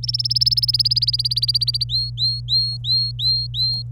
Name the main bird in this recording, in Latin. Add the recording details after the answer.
Serinus canaria. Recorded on 25 April 2018 at 16:58. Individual llb3